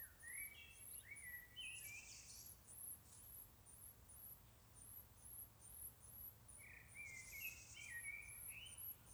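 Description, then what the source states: Blackbird, fluted warbling phrases in two short bursts, among rapid repeated high chirps from other animals. Heard together with other animals.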